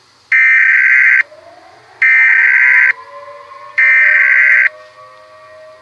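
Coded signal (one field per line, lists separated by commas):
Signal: Emergency Alert System (SAME) tones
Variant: header bursts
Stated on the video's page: Fictional EAS mock based on the plot of a film.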